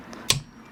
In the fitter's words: there it is soon as you hear that click